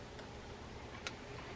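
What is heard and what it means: On a Penn Spinfisher 722Z fishing reel being serviced, the metal retaining clip still sits high on one side after a first snap, so that side is pushed down into the reel body. A single small, sharp click at 1.1 s marks the clip seating fully home, over a low steady background hum. The retaining clip is now in.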